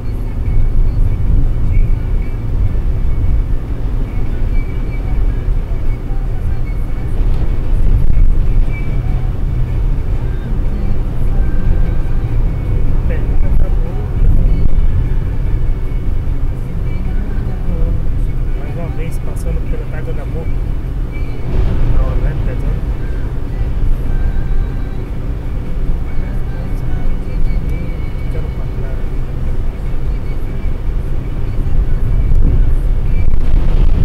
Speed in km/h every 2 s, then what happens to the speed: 113, 115, 119, 122, 123, 123, 124, 125, 126, 127, 126, 126, 126, 128, 129, 131, 131.
0-6 speeds up to 122. 6-34 steady at about 126.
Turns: none.